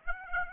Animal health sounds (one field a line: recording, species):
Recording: mosquito wingbeat signal from an infrared sensor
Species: Aedes aegypti